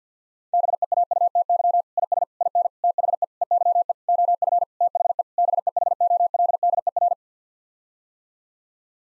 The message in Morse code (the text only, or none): BEAUTY IS IN THE EYE OF THE BEHOLDER